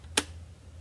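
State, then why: Seated. A hinged clamping flap on a paper trimmer is closed onto the trimmer base after the paper is lined up to the 1/4 inch mark. It snaps shut with one sharp, broadband click at 0.2 s over a faint low hum, and the flap is seated closed.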